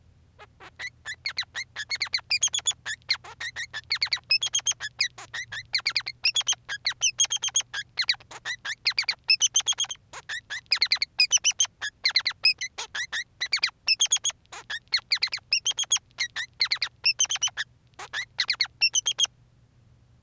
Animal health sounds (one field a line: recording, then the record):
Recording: song of a male Bengalese finch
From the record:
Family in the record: son of father 3